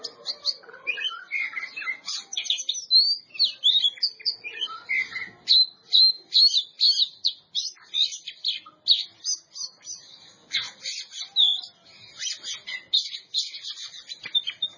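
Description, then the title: Oriental magpie-robin song, a long run of quick, sharp chirps, whistles and buzzy trills in a dense, energetic sequence. Champion songbird. "Kicau Burung Kacer Juara"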